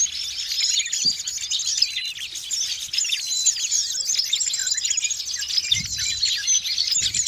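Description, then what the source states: Bird twittering fills the whole stretch as a steady, crowded jumble of high chirps and squeaky notes, with faint low thumps beneath. Noisy birds, used as a master lure for catching birds.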